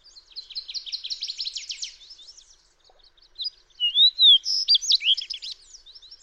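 Fox sparrow song: a rich whistled phrase of slurred, tumbling notes, preceded by a soft, fast, buzzy chatter.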